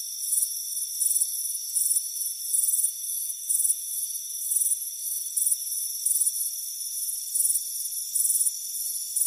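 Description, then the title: Cricket chirps come as short, high, buzzy pulses repeating a couple of times per second, with a constant thin tone underneath. "Soothing Crickets Chirping Sound"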